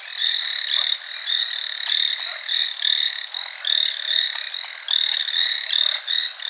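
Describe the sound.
Chinese tree frog giving fast, rattling pulsed calls in near-continuous bursts separated by brief pauses, with high overtones.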